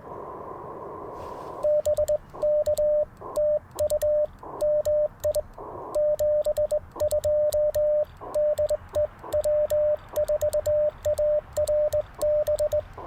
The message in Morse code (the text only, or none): BK TU MI 72 DE W4ARB